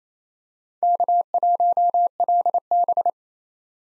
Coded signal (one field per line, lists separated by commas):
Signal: Morse code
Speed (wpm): 27 wpm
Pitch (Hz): 700 Hz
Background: none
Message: K1LB